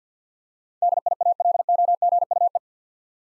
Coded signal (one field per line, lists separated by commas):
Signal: Morse code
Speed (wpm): 50 wpm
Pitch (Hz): 700 Hz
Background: none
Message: DIALOGUE